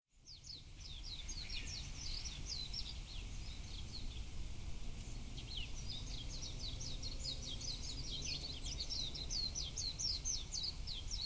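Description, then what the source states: Warbling white-eye chattering in quick, high-pitched twitters that pause briefly midway and then resume densely, with constant low background rumble. Recorded 6 May 2009.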